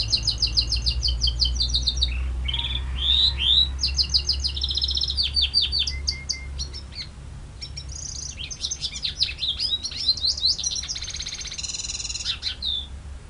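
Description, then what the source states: White-eye song in rapid bursts of high chips, slurred whistles and a buzzy rattle, over a steady low hum. Song in the ngerol ngalas style.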